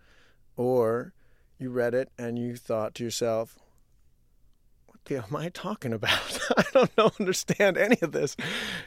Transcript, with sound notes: Or you read it, and you thought to yourself, what am I talking about? (Laughter) I don't understand any of this.